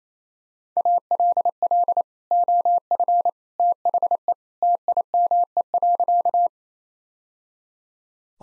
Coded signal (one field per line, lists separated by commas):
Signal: Morse code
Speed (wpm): 28 wpm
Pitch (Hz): 700 Hz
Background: none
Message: ALL OF THE TIME.